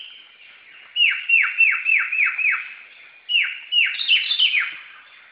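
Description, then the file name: Samyong after a quiet start: six rapid falling whistles, a pause, then a few more with a higher flourish. Recorded in forest. "suara burung samyong di hutan"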